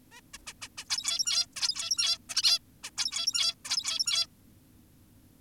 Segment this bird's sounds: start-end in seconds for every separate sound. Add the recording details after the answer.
0.12-0.21, 0.34-0.38, 0.47-0.53, 0.62-0.68, 0.78-0.85, 0.90-1.46, 1.56-2.18, 2.30-2.42, 2.43-2.59, 2.84-2.90, 2.98-3.55, 3.65-4.27. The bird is an adult. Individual g17y2U